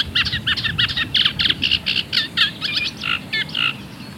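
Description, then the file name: Eurasian reed warbler song, a steady chatter of harsh, grating notes, each repeated a few times, over low background rumble. "Cannaiola Comune"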